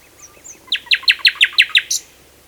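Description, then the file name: Common nightingale song phrase of six or seven sharp, rapidly repeated chattering notes after a few soft introductory sounds, ending in a brief buzzy flourish. "Luscinia megarhynchos"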